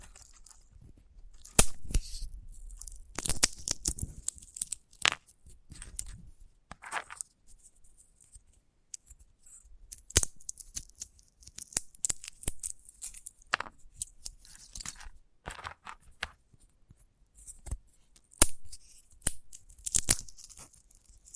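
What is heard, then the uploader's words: A sunflower head is handled in crisp bursts of crackling, snapping and scratching, with sharp clicks at irregular moments, the loudest near the start and around the tenth and eighteenth seconds. Between bursts there are short quiet gaps, and the sounds are mostly bright and dry. ASMR of a Sunflower Head (No Talking).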